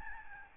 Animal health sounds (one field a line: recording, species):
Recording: mosquito wingbeat signal from an infrared sensor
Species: Aedes albopictus